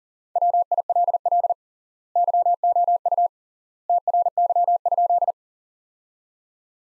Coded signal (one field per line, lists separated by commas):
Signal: Morse code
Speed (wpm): 37 wpm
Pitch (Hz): 700 Hz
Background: none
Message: WILL YOU TRY?